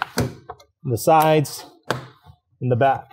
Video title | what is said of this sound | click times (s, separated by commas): Tesla Model Y - 12V Battery Installation (Ohmmu) | once you've got everything lined up you'll hear it click | 0.0 s